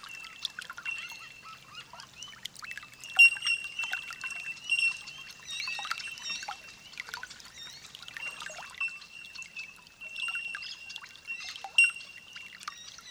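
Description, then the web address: Ringing bellbird notes from numerous birds, a steady bright tone with rapid overlapping clinks and occasional louder bell-like peaks. Holophonic recording. "olofonia Bell Birds"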